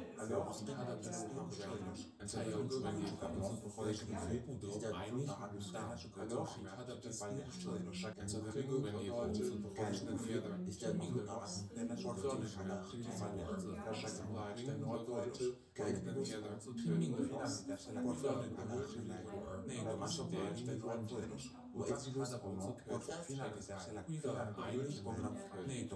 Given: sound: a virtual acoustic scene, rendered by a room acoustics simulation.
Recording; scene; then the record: noise of the scene; living room, symmetric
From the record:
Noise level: 70 dB SPL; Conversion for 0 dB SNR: 6.9 dB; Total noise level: 76.9 dB SPL